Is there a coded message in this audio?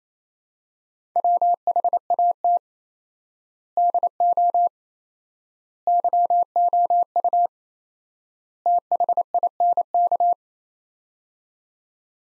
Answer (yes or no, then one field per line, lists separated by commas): yes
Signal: Morse code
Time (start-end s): 1.2-10.3 s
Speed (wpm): 28 wpm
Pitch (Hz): 700 Hz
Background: none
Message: WHAT DO YOU THINK